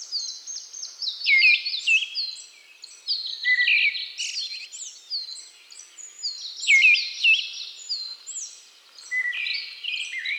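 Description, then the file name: Eyebrowed thrush calls: many thin, high, down-slurred whistled notes overlapping almost continuously, with brighter dipping notes standing out every few seconds. "Eyebrowed Thrush Turdus obscurus"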